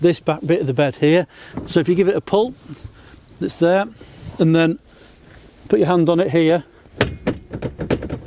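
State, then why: Seated. A man talks while the catch is released and the rear seat-bed backrest of a VW California T6.1 campervan is pulled up by hand. Its ratchet clicks through its steps at 7.0, 7.3, 7.6, 7.8, 7.9 and 8.0 seconds and locks into place.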